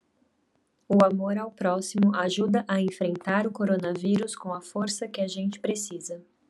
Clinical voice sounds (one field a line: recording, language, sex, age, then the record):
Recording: spoken sentence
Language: Brazilian Portuguese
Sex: female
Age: 20 to 29 years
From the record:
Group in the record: control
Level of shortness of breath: 0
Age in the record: 22 years